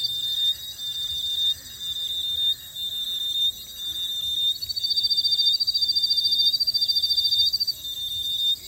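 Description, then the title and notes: Insect song as rapid, high pulsed trills; a strong trill runs for about three seconds in the second half, with shorter bursts before it. Repetitive melodious insect calls in distinctive channels, in the foreground, at a roadside in the evening, Koforidua, Ghana, 6 March 2022. "Melodies and critters, Koforidua, Ghana. Repetitive melodious calls of insects in distinctive channels recorded at a roadside in the evening"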